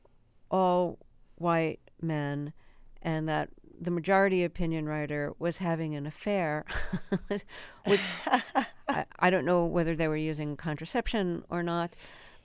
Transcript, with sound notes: all white men and that the majority opinion writer was having an affair with...
(LAUGHTER)
I don't know whether they were using contraception or not.